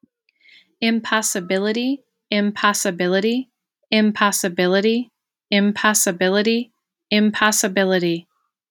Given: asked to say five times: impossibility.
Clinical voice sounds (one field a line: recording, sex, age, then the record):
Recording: repeated word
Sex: female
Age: 40 to 49 years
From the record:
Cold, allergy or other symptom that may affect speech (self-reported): no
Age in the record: 41 years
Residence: Wisconsin, United States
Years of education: 17